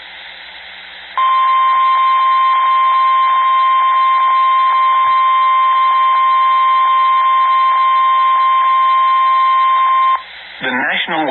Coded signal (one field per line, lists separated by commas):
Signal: Emergency Alert System (SAME) tones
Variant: 1050 Hz attention tone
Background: speech